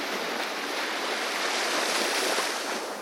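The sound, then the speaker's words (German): Waves wash steadily onto a beach at Porto Salaire, a dense, continuous hiss of surf that holds an even loudness throughout, with no distinct breaks between waves and no voices. “Die tote Frau am Strand. Der Saum des Wassers netzt ihre Füße.”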